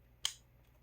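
A camera lens is twisted onto the bayonet mount of a Nikon D80 DSLR body and, after meeting resistance, pushed a little further until the lock pin engages. A single sharp, bright click sounds at 0.3 s over a quiet background. The lens is seated and locked on the mount.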